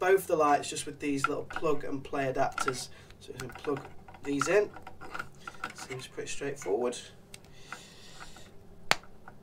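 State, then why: Seated. A ReefBrite XHO K15 LED light bar lead is pushed into a small plug-and-play adapter connector while fitting the lights to a Red Sea Max Nano aquarium. Someone talks over light handling noises, and then a sharp click sounds at 8.9 s as the connector seats.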